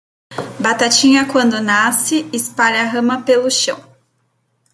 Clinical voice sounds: short text; Brazilian Portuguese; female; 30 to 39 years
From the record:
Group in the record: control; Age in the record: 36 years

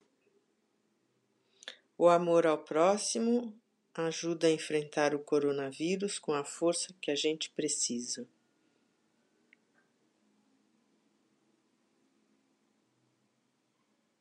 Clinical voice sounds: spoken sentence; Brazilian Portuguese; female; 60 to 69 years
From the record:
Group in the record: control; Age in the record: 69 years

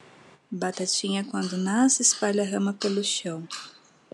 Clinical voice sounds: short text; Brazilian Portuguese; female; 30 to 39 years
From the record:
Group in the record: control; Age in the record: 32 years

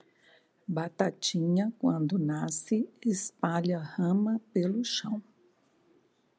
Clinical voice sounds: short text; Brazilian Portuguese; female; 60 to 69 years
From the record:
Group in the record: control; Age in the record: 65 years

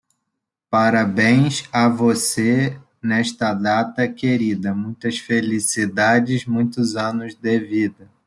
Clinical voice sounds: short text; Brazilian Portuguese; male; 30 to 39 years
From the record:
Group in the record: control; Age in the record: 30 years

